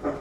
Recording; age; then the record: pig call; growing-finishing pig (85 days or more)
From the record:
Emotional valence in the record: positive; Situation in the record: run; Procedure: transit